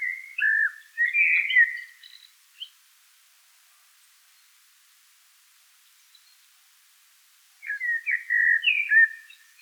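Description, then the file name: Eurasian blackbird delivering two phrases of fluty warbling with squeaky twitters, a quiet gap of several seconds between them. "Turdus merula"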